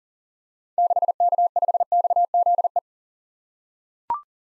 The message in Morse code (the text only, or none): 6K5XZE